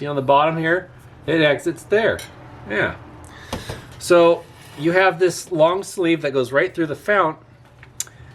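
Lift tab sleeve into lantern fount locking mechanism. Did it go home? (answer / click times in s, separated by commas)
yes / 8.0 s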